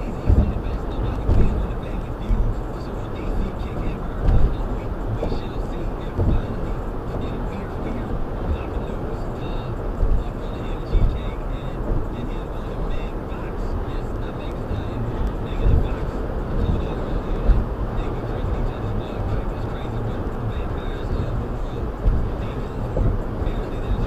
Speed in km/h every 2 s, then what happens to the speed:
108, 111, 113, 114, 116, 116, 118, 114, 114, 116, 114, 116.
0-7 speeds up to 116. 7-24 steady at about 116.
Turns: none.